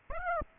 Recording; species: mosquito wingbeat signal from an infrared sensor; Aedes aegypti